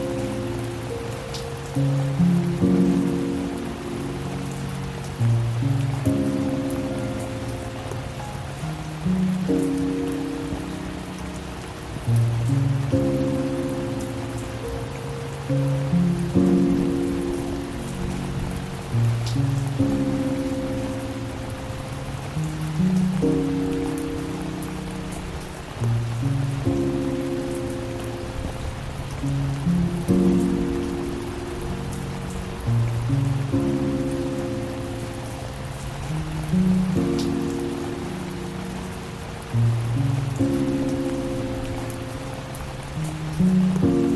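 Soft piano plays slow, low-to-middle chords in a gently repeating phrase, each swell arriving every three to four seconds and fading before the next. Behind it, a light, steady patter of rain hisses evenly throughout, quiet and constant.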